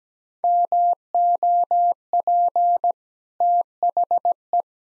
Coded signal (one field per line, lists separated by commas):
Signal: Morse code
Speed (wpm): 17 wpm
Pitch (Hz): 700 Hz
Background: none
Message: MOP THE